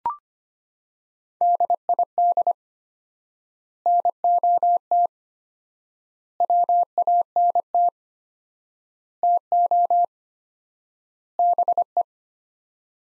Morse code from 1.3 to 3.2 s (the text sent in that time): DID